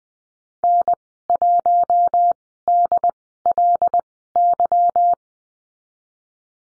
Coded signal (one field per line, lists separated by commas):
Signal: Morse code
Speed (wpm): 20 wpm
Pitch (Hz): 700 Hz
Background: none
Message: N1DLY